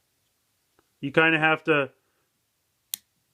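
Someone talks briefly, then a plastic blade piece is pushed all the way back onto a toy shuriken core. A short, sharp click sounds at 2.9 seconds as the blade seats in place.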